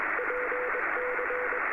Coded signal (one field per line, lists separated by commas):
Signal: Morse code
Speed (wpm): 22 wpm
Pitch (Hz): 500 Hz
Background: radio noise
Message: PC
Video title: live hf radio g3msl wspr and looking around 80m g3msl